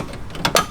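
The second front kidney grille of an E36 racecar is pressed by hand into its clips in the car's nose panel. Two short plastic snaps ring out at 0.5 s and 0.6 s as it clips in and seats.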